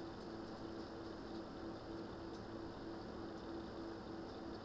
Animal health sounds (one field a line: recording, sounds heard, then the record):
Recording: poultry house recording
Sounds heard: no chicken sound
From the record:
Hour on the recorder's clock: 20